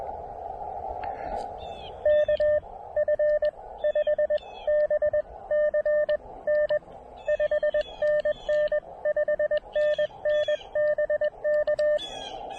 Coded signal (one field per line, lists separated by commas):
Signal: Morse code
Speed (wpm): 22 wpm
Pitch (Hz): 600 Hz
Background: speech, radio noise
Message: KF5BCN 5NN 5NN BK